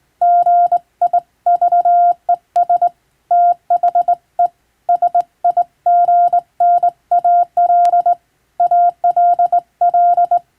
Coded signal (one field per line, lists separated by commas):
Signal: Morse code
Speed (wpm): 20 wpm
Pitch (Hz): 700 Hz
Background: none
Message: GIVES THE SIGNAL ALL